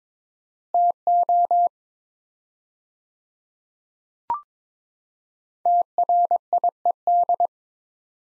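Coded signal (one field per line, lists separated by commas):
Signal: Morse code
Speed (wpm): 22 wpm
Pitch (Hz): 700 Hz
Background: none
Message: TO TRIED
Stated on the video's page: Morse practice set of two-word phrases at 22 wpm with 4x word spacing, analogous to Farnsworth spacing, for head-copy training.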